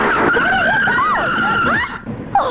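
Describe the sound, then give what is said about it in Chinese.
A car races along with a loud, sustained engine roar and long, wavering tire squeals that rise and fall, then the noise drops off briefly before another short screech. “你怎么开得这么快呀？”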